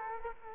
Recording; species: mosquito wingbeat signal from an infrared sensor; Culex quinquefasciatus